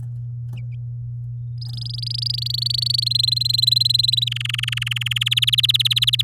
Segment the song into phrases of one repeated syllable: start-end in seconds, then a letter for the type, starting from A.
1.58-3.08 A, 3.10-4.24 B, 4.26-5.29 C, 5.31-6.22 D